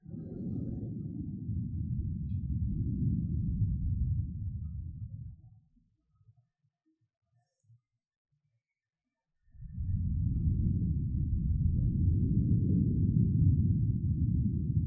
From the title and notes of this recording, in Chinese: 吹氣&&撫摸麥克風。Ear Blowing & Mic Touching, Brushing。NO Talking。跟摸戴毛罩的麥克風的聲音很相似。